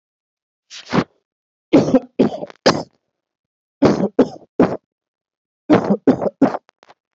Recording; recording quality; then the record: heavy voluntary cough; excellent, no background noise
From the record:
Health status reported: healthy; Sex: male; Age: 38 years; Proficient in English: yes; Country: India